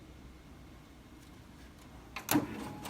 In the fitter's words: this then will be slid right back into the place that it came from and you'll hear it click into place